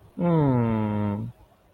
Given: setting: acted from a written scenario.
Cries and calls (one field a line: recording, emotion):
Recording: vocal sound without words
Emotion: sympathy